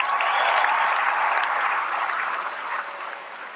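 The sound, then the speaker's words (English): An audience claps steadily in a dense, crackling wash of applause for presenter Stacey Dash as she is introduced, strong at first and easing off slightly toward the end. No voices stand out. “Everybody give a round of applause for Stacey Dash.”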